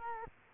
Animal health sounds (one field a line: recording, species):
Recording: mosquito wingbeat signal from an infrared sensor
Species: Culex quinquefasciatus